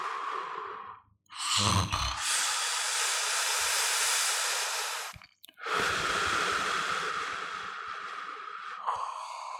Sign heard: People snoring.